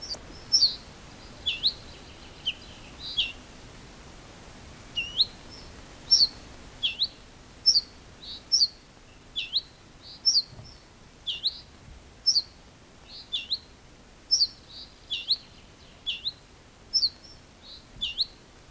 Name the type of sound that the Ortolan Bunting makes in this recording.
alarm call